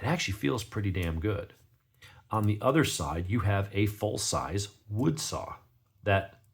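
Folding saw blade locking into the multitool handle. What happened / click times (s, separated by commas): No lock click yet; the folding blade has not seated / none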